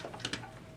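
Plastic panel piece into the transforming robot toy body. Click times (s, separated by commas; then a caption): 0.2 s, 0.3 s. A plastic panel piece is pressed into place on the body of a Unique Toys Y-01 Provider transforming robot toy. Faint, light clicks are heard at 0.3 s and 0.3 s. The piece only partly snaps in and no longer seats as well as it used to.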